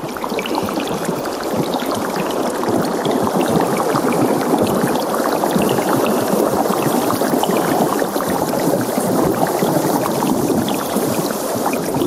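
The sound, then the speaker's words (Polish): Steady, dense patter of dripping and trickling water, like light rain, recreated in a sound installation: a continuous wash of tiny irregular drops with no pauses and no voices, even in loudness throughout. “coś, co też staraliśmy się odtworzyć w tej instalacji, czyli takie wrażenie, że otacza cię ten dźwięk, kapania, sączenia się, właśnie jakiegoś takiego deszczu trochę.”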